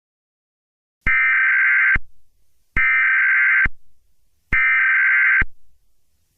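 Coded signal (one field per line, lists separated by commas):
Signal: Emergency Alert System (SAME) tones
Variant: header bursts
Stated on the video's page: Fictional EAS scenario, Halloween-themed.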